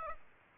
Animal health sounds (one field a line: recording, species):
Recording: mosquito wingbeat signal from an infrared sensor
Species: Aedes aegypti